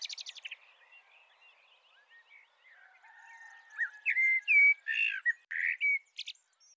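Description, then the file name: Eurasian blackbird song: a high twittery burst opens, then quiet fluty notes, then loud squeaky chirps and short rising whistles in the second half, ending with a brief high twitter. "Turdus merula"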